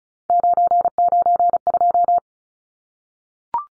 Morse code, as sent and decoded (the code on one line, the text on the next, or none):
----. ----. ..---
992